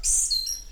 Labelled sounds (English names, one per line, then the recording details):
Stitchbird song
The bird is a male
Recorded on Tiritiri Matangi Island, New Zealand, in 2005
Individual 4, of nest box 4